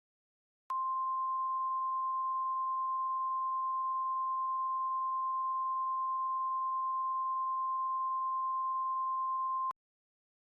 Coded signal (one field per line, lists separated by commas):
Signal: Emergency Alert System (SAME) tones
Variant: 1050 Hz attention tone